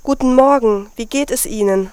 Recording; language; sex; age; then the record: spoken sentence; German; female; 20 to 29 years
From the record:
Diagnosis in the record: healthy voice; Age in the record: 25 years